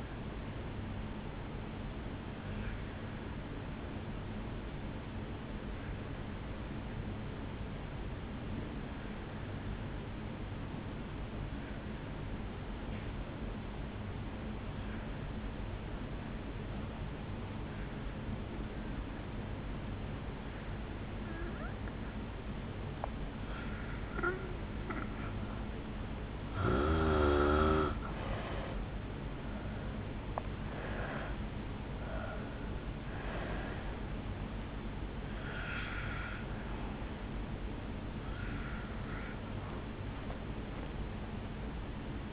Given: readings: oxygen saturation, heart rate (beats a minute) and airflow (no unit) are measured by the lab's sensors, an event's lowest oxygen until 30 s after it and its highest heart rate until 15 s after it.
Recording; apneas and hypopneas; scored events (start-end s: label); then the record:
breathing in sleep by a voice recorder at the bedside; 1
3.00-22.50 s: obstructive apnea (N2, oxygen 95% highest, then 82% lowest, heart rate 55 at the start, 72 highest)
From the record:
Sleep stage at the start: N2 (light sleep); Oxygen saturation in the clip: 83 to 95%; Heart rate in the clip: 54 to 72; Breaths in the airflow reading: 7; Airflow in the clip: -11.2 to 6.1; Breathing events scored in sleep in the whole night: 449 in 7.0 hours asleep